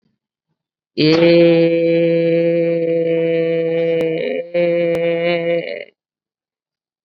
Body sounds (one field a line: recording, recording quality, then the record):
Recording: sustained vowel as in made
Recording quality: excellent, no background noise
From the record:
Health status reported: COVID-19 positive, mild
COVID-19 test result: positive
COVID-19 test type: RT-PCR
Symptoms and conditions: cough, fever, fatigue, muscle pain, diabetes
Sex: female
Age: 36 years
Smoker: no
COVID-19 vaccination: both doses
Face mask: worn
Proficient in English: yes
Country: India